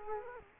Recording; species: mosquito wingbeat signal from an infrared sensor; Culex quinquefasciatus